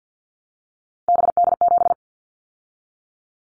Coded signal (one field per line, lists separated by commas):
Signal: Morse code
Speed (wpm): 50 wpm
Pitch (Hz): 700 Hz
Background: none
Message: BD7